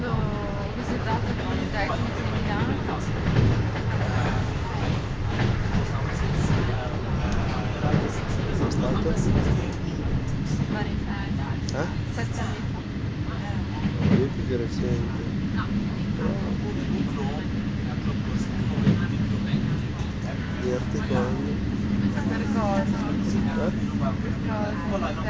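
A train rattles along on the winter run from Verona Porta Nuova toward Milan, a steady, dense low rumble that holds level for the whole stretch. Voices talk throughout over the noise, with occasional brief clanks and squeaks from the carriage.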